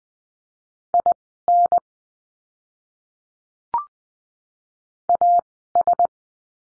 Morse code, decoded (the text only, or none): IN AS